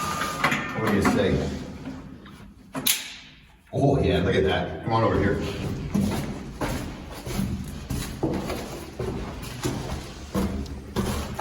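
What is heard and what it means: A component is handled and pushed toward the steel frame of a metal workbench during assembly, with short knocks and thumps, including a loud sharp hit near 2.9 s, while someone talks and music plays briefly. Nothing has seated or clicked into place yet by the end of the clip.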